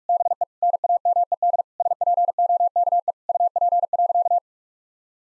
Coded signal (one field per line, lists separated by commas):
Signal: Morse code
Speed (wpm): 46 wpm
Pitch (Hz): 700 Hz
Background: none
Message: BE NAMED SPOKE UP.